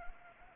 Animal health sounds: mosquito wingbeat signal from an infrared sensor; Anopheles gambiae

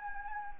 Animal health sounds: mosquito wingbeat signal from an infrared sensor; Anopheles arabiensis

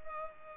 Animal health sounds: mosquito wingbeat signal from an infrared sensor; Culex pipiens

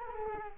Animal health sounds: mosquito wingbeat signal from an infrared sensor; Culex quinquefasciatus

